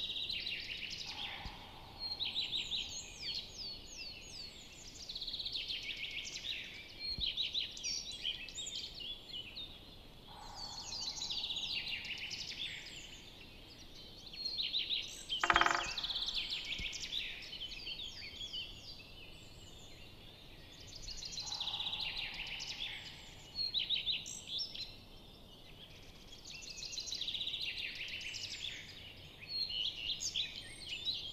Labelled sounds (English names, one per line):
Great Spotted Woodpecker drumming